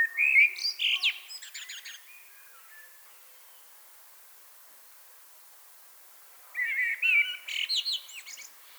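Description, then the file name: Common blackbird song, a fluted warble ending in rapid high twitters, then a pause of several seconds before a second similar phrase. "Turdus merula"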